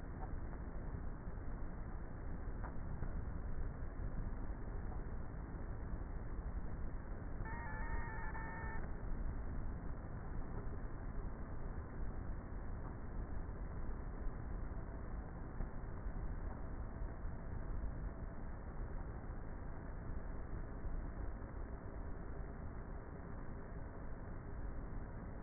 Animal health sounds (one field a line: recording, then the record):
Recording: honeybee colony, microphone inside the hive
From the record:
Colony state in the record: queenless with a low population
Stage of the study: before two queens were removed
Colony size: about 30,000 bees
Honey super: no